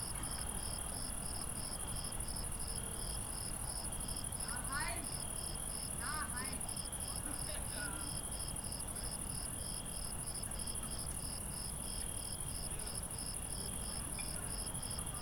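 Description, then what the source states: Crickets chirping: a steady high-pitched trill under regular pulsed chirps, about two or three per second, with a few brief, faint sounds from another source midway and a low rumble. Recorded at night.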